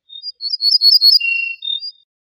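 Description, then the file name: Ortolan bunting singing a brief phrase of high clear notes that drops to a steady lower note before a short high tail. "suara kicauan ortolan"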